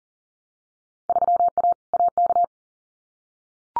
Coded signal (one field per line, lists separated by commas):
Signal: Morse code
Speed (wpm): 40 wpm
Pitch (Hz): 700 Hz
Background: none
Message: 3A AK